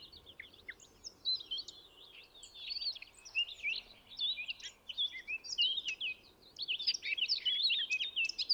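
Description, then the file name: Eurasian blackcap song: quieter scattered notes at first, then an energetic chattering warble with sharp chirps and whistles building through the second half, soft background rumble. "Sylvia atricapilla"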